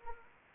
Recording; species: mosquito wingbeat signal from an infrared sensor; Anopheles arabiensis